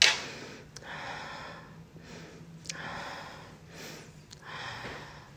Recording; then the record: deep breathing after running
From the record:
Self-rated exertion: moderate exertion (3 of 6); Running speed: 8 miles an hour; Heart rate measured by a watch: 111 beats a minute at the start, 110 at the end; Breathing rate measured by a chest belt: 13 breaths a minute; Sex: female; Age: 55 years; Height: 157 cm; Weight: 48 kg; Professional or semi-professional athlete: yes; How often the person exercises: every day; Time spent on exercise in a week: over 5 hours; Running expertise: yes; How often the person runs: 3 to 5 times a week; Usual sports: running, swimming, yoga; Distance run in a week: 40 miles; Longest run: 20 miles